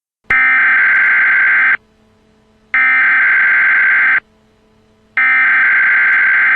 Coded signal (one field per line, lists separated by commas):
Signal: Emergency Alert System (SAME) tones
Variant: header bursts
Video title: Assassination of Harambe (Rare Emergency Alert Footage)